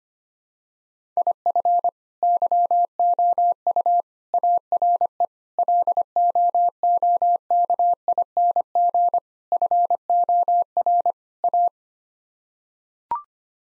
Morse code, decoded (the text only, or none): IF YOU ARE LOOKING FOR A